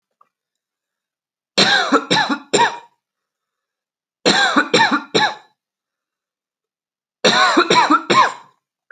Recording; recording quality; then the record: heavy voluntary cough; excellent, no background noise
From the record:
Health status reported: respiratory illness, not identified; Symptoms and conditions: cold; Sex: male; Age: 18 years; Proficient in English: yes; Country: India